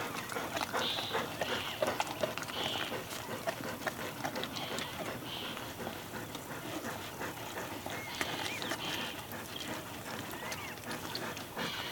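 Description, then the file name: Cheetah chewing food with dense crunching and smacking sounds. Cheetah eating and chewing, close up. "Digiffects Sound Effects Library - Close Cheetah Eating and Chewing"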